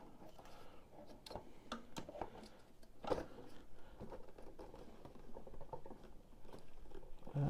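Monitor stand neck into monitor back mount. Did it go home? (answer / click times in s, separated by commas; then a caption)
no / none. The stand neck of a Titan Army P2510S gaming monitor is pushed up into the mount on the monitor's back during assembly. Several small ticks and light handling patter are heard, but none is a latch click. Nothing clicks; it simply pushes up and holds in place.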